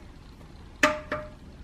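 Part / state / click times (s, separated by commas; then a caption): torque wrench on oil pan drain plug / torque reached / 0.8 s. A torque wrench set to about 25 ft-lb (27 N·m) tightens the steel oil pan drain plug on a 2017 Jeep JK during an oil change, reaching factory torque without over-tightening and risking a cracked pan. The wrench gives a sharp metallic click at 0.8 s with a ringing tone, followed by a fainter second sharp sound at 1.1 s, and the plug is confirmed torqued.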